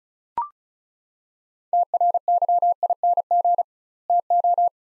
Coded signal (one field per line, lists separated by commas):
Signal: Morse code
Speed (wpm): 36 wpm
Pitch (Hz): 700 Hz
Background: none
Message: TRYING TO